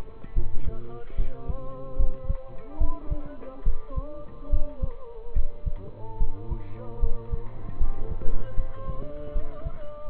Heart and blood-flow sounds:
heart sounds by stethoscope; between the tricuspid and mitral areas; 74 bpm
0.34 s: heartbeat
1.16 s: heartbeat
1.97 s: heartbeat
2.78 s: heartbeat
3.64 s: heartbeat
4.50 s: heartbeat
5.33 s: heartbeat
6.18 s: heartbeat
7.00 s: heartbeat
7.78 s: heartbeat
8.55 s: heartbeat
9.33 s: heartbeat
10.08 s: heartbeat
From the record:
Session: rest, lying down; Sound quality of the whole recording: partially saturated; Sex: male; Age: 27 years

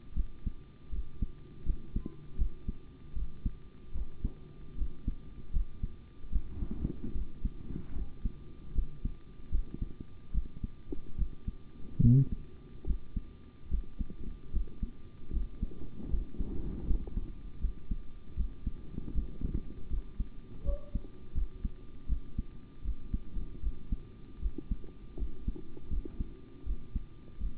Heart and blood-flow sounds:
heart sounds by stethoscope; between the tricuspid and mitral areas; 77 bpm
0.14 s: heartbeat
0.90 s: heartbeat
1.64 s: heartbeat
2.36 s: heartbeat
3.14 s: heartbeat
3.92 s: heartbeat
4.76 s: heartbeat
5.51 s: heartbeat
6.30 s: heartbeat
7.13 s: heartbeat
7.93 s: heartbeat
8.73 s: heartbeat
9.50 s: heartbeat
10.32 s: heartbeat
11.16 s: heartbeat
12.00 s: heartbeat
12.85 s: heartbeat
13.68 s: heartbeat
14.51 s: heartbeat
15.31 s: heartbeat
16.08 s: heartbeat
16.85 s: heartbeat
17.59 s: heartbeat
18.35 s: heartbeat
19.12 s: heartbeat
19.88 s: heartbeat
20.63 s: heartbeat
21.33 s: heartbeat
22.07 s: heartbeat
22.82 s: heartbeat
23.60 s: heartbeat
24.40 s: heartbeat
25.16 s: heartbeat
25.88 s: heartbeat
26.64 s: heartbeat
27.38 s: heartbeat
From the record:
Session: rest, sitting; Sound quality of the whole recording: good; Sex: male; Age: 25 years

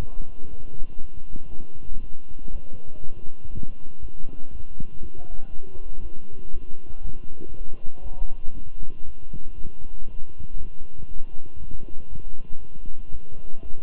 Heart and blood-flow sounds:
heart sounds by stethoscope; between the tricuspid and mitral areas; 119 bpm
0.49 s: heartbeat
1.00 s: heartbeat
1.50 s: heartbeat
2.00 s: heartbeat
2.51 s: heartbeat
3.01 s: heartbeat
3.50 s: heartbeat
4.00 s: heartbeat
4.51 s: heartbeat
5.01 s: heartbeat
5.50 s: heartbeat
6.01 s: heartbeat
6.52 s: heartbeat
7.02 s: heartbeat
7.52 s: heartbeat
8.02 s: heartbeat
8.53 s: heartbeat
9.04 s: heartbeat
9.56 s: heartbeat
10.05 s: heartbeat
10.56 s: heartbeat
11.07 s: heartbeat
11.58 s: heartbeat
12.08 s: heartbeat
12.58 s: heartbeat
13.10 s: heartbeat
13.61 s: heartbeat
From the record:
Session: walking at 3.7 km/h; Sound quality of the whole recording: good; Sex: male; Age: 23 years

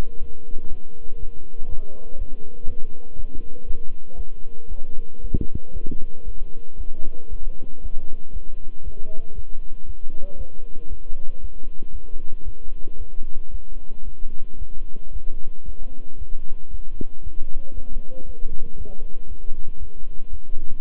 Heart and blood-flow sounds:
heart sounds by stethoscope; between the tricuspid and mitral areas; 116 bpm
0.18 s: heartbeat
0.68 s: heartbeat
1.18 s: heartbeat
1.67 s: heartbeat
2.16 s: heartbeat
2.65 s: heartbeat
3.14 s: heartbeat
3.65 s: heartbeat
4.15 s: heartbeat
4.67 s: heartbeat
5.19 s: heartbeat
5.71 s: heartbeat
6.23 s: heartbeat
6.76 s: heartbeat
7.28 s: heartbeat
7.80 s: heartbeat
8.31 s: heartbeat
8.83 s: heartbeat
9.33 s: heartbeat
9.84 s: heartbeat
10.36 s: heartbeat
10.88 s: heartbeat
11.39 s: heartbeat
11.91 s: heartbeat
12.43 s: heartbeat
12.96 s: heartbeat
13.49 s: heartbeat
14.03 s: heartbeat
14.57 s: heartbeat
15.11 s: heartbeat
15.64 s: heartbeat
16.17 s: heartbeat
16.69 s: heartbeat
17.22 s: heartbeat
17.73 s: heartbeat
18.25 s: heartbeat
18.76 s: heartbeat
19.27 s: heartbeat
19.78 s: heartbeat
20.29 s: heartbeat
20.79 s: heartbeat
From the record:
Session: walking at 3.7 km/h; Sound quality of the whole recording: good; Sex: male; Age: 26 years

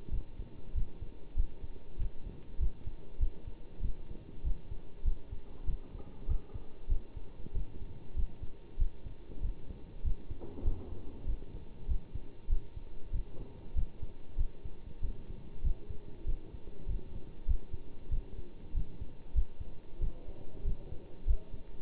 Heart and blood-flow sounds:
heart sounds by stethoscope; between the tricuspid and mitral areas; 96 bpm
0.11 s: heartbeat
0.75 s: heartbeat
1.36 s: heartbeat
1.98 s: heartbeat
2.59 s: heartbeat
3.20 s: heartbeat
3.82 s: heartbeat
4.44 s: heartbeat
5.04 s: heartbeat
5.66 s: heartbeat
6.28 s: heartbeat
6.89 s: heartbeat
7.54 s: heartbeat
8.16 s: heartbeat
8.78 s: heartbeat
9.42 s: heartbeat
10.04 s: heartbeat
10.64 s: heartbeat
11.26 s: heartbeat
11.88 s: heartbeat
12.49 s: heartbeat
13.12 s: heartbeat
13.75 s: heartbeat
14.37 s: heartbeat
15.02 s: heartbeat
15.63 s: heartbeat
16.26 s: heartbeat
16.88 s: heartbeat
17.47 s: heartbeat
18.10 s: heartbeat
18.74 s: heartbeat
19.34 s: heartbeat
20.00 s: heartbeat
20.64 s: heartbeat
21.27 s: heartbeat
From the record:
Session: bicycle stress test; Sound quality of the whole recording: good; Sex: male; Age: 27 years

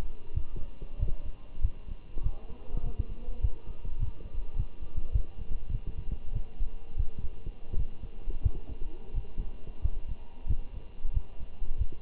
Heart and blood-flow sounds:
heart sounds by stethoscope; between the tricuspid and mitral areas; 94 bpm
0.35 s: heartbeat
0.99 s: heartbeat
1.62 s: heartbeat
2.24 s: heartbeat
2.84 s: heartbeat
3.42 s: heartbeat
4.00 s: heartbeat
4.57 s: heartbeat
5.13 s: heartbeat
5.71 s: heartbeat
6.34 s: heartbeat
6.98 s: heartbeat
7.76 s: heartbeat
8.43 s: heartbeat
9.15 s: heartbeat
9.82 s: heartbeat
10.48 s: heartbeat
11.14 s: heartbeat
11.79 s: heartbeat
From the record:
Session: walking at 3.7 km/h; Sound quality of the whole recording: good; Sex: male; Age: 23 years

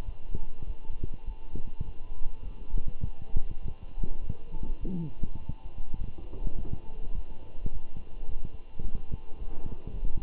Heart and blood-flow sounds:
heart sounds by stethoscope; between the tricuspid and mitral areas; 103 bpm
0.05 s: heartbeat
0.66 s: heartbeat
1.26 s: heartbeat
1.85 s: heartbeat
2.44 s: heartbeat
3.03 s: heartbeat
3.62 s: heartbeat
4.21 s: heartbeat
4.80 s: heartbeat
5.39 s: heartbeat
5.98 s: heartbeat
6.57 s: heartbeat
7.15 s: heartbeat
7.72 s: heartbeat
8.28 s: heartbeat
8.83 s: heartbeat
9.38 s: heartbeat
9.93 s: heartbeat
From the record:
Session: walking at 3.7 km/h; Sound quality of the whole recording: good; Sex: male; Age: 24 years

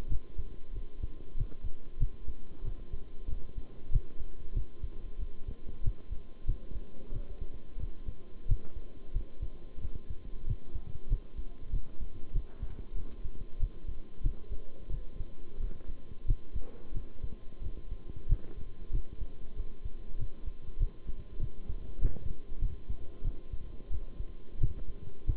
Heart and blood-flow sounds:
heart sounds by stethoscope; between the tricuspid and mitral areas; 93 bpm
0.09 s: heartbeat
0.73 s: heartbeat
1.36 s: heartbeat
1.99 s: heartbeat
2.64 s: heartbeat
3.28 s: heartbeat
3.91 s: heartbeat
4.54 s: heartbeat
5.18 s: heartbeat
5.83 s: heartbeat
6.46 s: heartbeat
7.12 s: heartbeat
7.79 s: heartbeat
8.47 s: heartbeat
9.13 s: heartbeat
9.80 s: heartbeat
10.46 s: heartbeat
11.09 s: heartbeat
11.72 s: heartbeat
12.33 s: heartbeat
12.95 s: heartbeat
13.59 s: heartbeat
14.23 s: heartbeat
14.90 s: heartbeat
15.59 s: heartbeat
16.27 s: heartbeat
16.94 s: heartbeat
17.61 s: heartbeat
18.28 s: heartbeat
18.92 s: heartbeat
19.55 s: heartbeat
20.17 s: heartbeat
20.79 s: heartbeat
21.40 s: heartbeat
22.00 s: heartbeat
22.60 s: heartbeat
23.23 s: heartbeat
23.90 s: heartbeat
24.59 s: heartbeat
25.26 s: heartbeat
From the record:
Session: bicycle stress test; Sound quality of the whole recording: good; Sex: male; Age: 23 years

